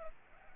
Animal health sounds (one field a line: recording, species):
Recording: mosquito wingbeat signal from an infrared sensor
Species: Culex pipiens